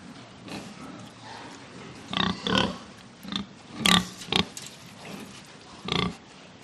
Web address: il suono originale dei maiali